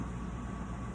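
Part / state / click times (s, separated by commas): back plate into pistol slide / not seated / none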